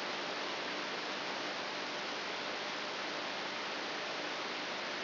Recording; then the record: brain microelectrode recording played as sound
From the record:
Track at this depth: inside the subthalamic nucleus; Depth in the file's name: 5.816 mm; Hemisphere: left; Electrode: 3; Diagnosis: Parkinson's disease